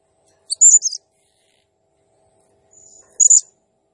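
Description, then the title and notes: Blue-crowned hanging parrot, two brief bursts of shrill, twittering chirps separated by a quiet gap. Serindit in full, energetic song (gacor, 'nembak' style), used as a masteran training sound and lure for other birds. "Burung Serindit Nembak Gacor Bikin Emosi Semua Burung. Suara Nasteran Dan Pemikat Burung Serinditan Gacor"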